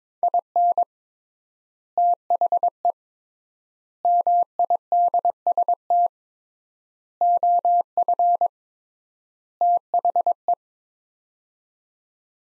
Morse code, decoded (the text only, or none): IN THE MIDST OF THE